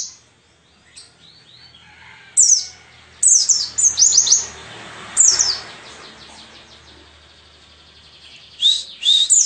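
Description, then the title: White-eye song: scattered high, quick twittering chirps and short slurs against a faint noisy background. Forest white-eye song material (isian) for training songbirds (masteran). "mster Mnuk. Pleci ngalas isian untuk masteran"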